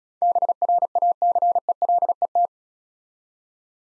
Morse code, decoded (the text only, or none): BRACELET